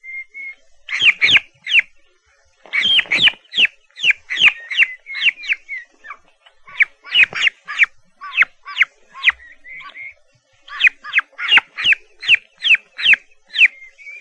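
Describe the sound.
Turkey chicks giving runs of shrill high peeps broken by short pauses, with a few softer notes between.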